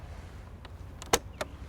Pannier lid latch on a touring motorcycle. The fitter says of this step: press the button hear that nice click there drop the P down it's got my gear in there